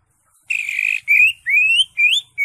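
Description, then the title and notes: Greater Green Leafbird calling with a harsh buzzy note followed by several rising whistles. Used as a training recording (masteran) for caged birds. "Suara Burung Cucak Ijo. mantap buat masteran burung cak ijo"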